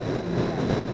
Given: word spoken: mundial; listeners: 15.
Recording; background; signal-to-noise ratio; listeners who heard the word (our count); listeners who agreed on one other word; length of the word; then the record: one Spanish word in noise, from a listening test; noise modulated by three-talker babble; -5.9 dB; 0 of 15; 8 of 15; 0.53 s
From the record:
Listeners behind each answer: 8, 1, 1, 1, 1, 1, 1, 1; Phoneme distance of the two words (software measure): 44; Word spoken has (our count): 2 syllables, 7 phonemes, stress on syllable 2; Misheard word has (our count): 2 syllables, 5 phonemes, stress on syllable 2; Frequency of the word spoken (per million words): 163.62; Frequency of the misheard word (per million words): 49.50